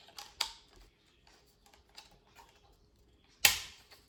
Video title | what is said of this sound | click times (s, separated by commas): TOP 5 DJI MAVIC 2 ACESSORIES - PART 3 | You're gonna hear a click, and that's it. It's holding already. | 0.4 s, 3.5 s